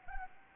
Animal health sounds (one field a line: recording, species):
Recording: mosquito wingbeat signal from an infrared sensor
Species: Anopheles gambiae